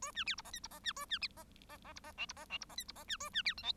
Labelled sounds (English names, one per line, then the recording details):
Bengalese Finch song
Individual Bird1